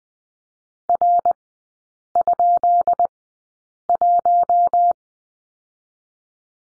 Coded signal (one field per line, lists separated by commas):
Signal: Morse code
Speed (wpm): 20 wpm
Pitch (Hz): 700 Hz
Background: none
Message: R?1